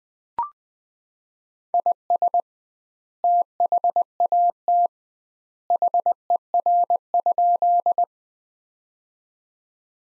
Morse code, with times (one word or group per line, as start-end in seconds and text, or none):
1.7-2.4 IS
3.2-4.9 THAT
5.7-8.0 HER?